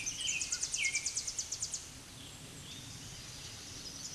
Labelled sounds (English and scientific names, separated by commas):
Tennessee Warbler (Leiothlypis peregrina) song